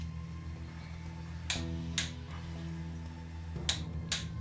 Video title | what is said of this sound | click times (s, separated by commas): Replacing the 300tdi head gasket PART 2 - refit, tightening sequences and tools | you can hear the click okay move on to number two | 3.7 s, 4.1 s